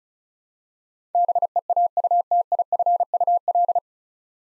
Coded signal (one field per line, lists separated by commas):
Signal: Morse code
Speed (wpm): 36 wpm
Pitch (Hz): 700 Hz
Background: none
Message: BEAUTIFUL